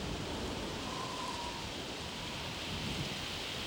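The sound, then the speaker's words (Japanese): A coming storm with turbulent wind in the Tales of Symphonia drama CD: a steady wash of rain and wind, a dense even hiss with a low rumbling undertone, holding constant throughout with no distinct thunderclap standing out and no voices. “嵐が来る。”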